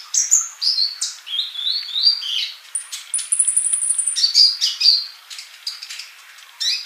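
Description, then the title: Bird song, busy high twittering with slurred whistles and a long thin held note partway through, growing quieter near the end. "Kicau Burung"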